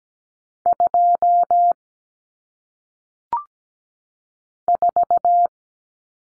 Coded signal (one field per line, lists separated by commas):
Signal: Morse code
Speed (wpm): 17 wpm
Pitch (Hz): 700 Hz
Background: none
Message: 2 4